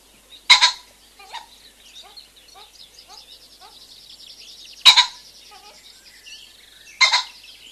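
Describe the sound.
Common pheasant gives three loud, coarse two-note crows spread throughout, with soft repeated notes from another bird and high trilling birdsong between them.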